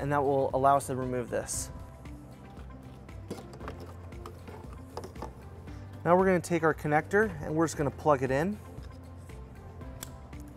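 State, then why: Seated. Someone talks over background music while a plastic U-Haul trailer wiring harness connector is pushed into the taillight harness plug of a 2015-2022 GMC Canyon. A single sharp click at 10.0 s marks the connector latching on its metal tabs and seating in place.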